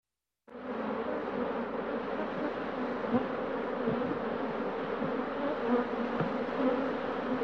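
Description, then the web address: Bee buzzing, a steady low drone that starts abruptly after a brief silence and holds an even, rich hum with slight swells throughout. "пчела"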